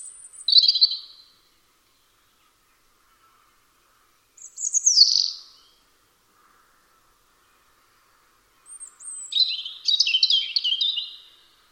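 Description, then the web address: European robin song: three short phrases of high, thin, warbling notes separated by pauses of about three seconds, the last phrase longer and more tumbling. "Deverinetal 2025 File origin Bird Only Er Ru"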